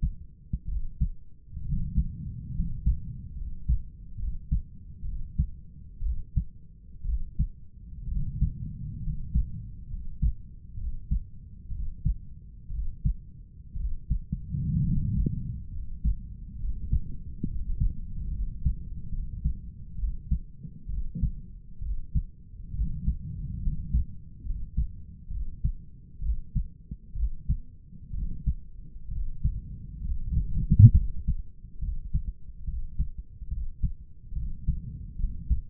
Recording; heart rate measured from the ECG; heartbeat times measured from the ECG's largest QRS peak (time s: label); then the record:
heart sounds by stethoscope; 66 bpm
0.69 s: heartbeat
1.66 s: heartbeat
2.56 s: heartbeat
3.38 s: heartbeat
4.20 s: heartbeat
5.06 s: heartbeat
6.04 s: heartbeat
7.07 s: heartbeat
8.09 s: heartbeat
9.04 s: heartbeat
9.91 s: heartbeat
10.79 s: heartbeat
11.73 s: heartbeat
12.72 s: heartbeat
13.78 s: heartbeat
14.84 s: heartbeat
15.73 s: heartbeat
16.60 s: heartbeat
17.48 s: heartbeat
18.32 s: heartbeat
19.13 s: heartbeat
19.99 s: heartbeat
20.90 s: heartbeat
21.83 s: heartbeat
22.75 s: heartbeat
23.63 s: heartbeat
24.46 s: heartbeat
25.32 s: heartbeat
26.23 s: heartbeat
27.17 s: heartbeat
28.15 s: heartbeat
29.12 s: heartbeat
30.05 s: heartbeat
30.96 s: heartbeat
31.82 s: heartbeat
32.68 s: heartbeat
33.51 s: heartbeat
34.36 s: heartbeat
35.20 s: heartbeat
From the record:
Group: healthy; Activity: rest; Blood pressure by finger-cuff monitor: 145/93 mmHg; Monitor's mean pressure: 108 mmHg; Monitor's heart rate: 66 bpm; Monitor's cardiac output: 7.1 L/min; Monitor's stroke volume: 108 mL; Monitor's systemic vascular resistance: 1120 dyn s/cm5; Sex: male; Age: 30 years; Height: 188 cm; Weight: 110.2 kg